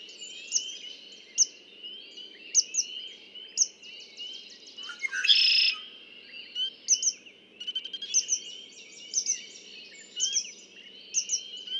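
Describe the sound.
Red-winged blackbird song, a buzzy trilled burst midway, surrounded by repeated sharp chirps and steady background chatter.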